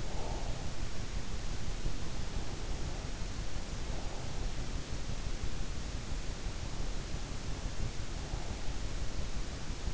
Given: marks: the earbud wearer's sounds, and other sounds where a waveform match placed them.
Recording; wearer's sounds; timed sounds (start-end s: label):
sounds in sleep by an in-ear microphone; breath
0.00-0.60 s: breath